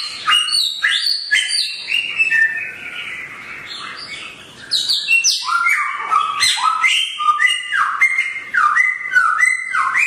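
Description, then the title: Songbird: bird song of rapid, varied chirps and slurred notes, briefly softer in the middle, then a lively run of phrases. Songbird named Samyong, said to be worth one billion, singing actively (gacor) with piercing volume (volume tembus). "SAMYONG GACOR VOLUME TEMBUS [Burung Kicau"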